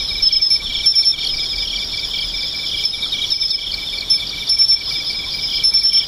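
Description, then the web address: Insects calling in a dense high chorus of buzzy trills and rapid chirps, steady throughout, with brief very high squeaky notes now and then. "nishikawa 201110 mushinokoi"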